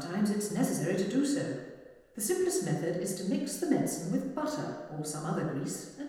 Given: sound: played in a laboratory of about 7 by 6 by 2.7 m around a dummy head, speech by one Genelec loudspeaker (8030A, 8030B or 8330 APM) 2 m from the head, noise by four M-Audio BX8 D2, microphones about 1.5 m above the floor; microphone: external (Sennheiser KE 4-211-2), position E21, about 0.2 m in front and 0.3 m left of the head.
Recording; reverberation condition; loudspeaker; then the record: female speech in English; high; 60 degrees to the left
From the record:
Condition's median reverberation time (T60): about 1300 ms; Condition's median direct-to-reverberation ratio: about -4.0 dB